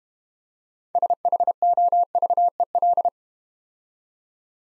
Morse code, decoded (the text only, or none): SHOVEL